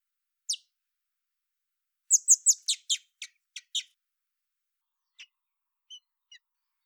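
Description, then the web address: Common blackbird calling with a single sharp note, then a rapid run of several hard clicking notes, followed by a few fainter, thinner notes. "pub SETE data Turdus merula"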